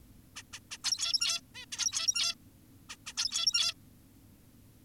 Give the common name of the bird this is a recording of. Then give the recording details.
Zebra Finch. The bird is an adult. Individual g17y2U